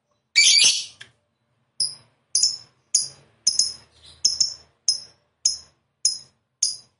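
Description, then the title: Lovebird chirping: one loud harsh screech followed by a regular series of sharp high chirps. Lovebird of the 'fighter' type, 'gacor' (singing actively). "Berkat SUARA Lovebird FIGHTER GACOR Ini"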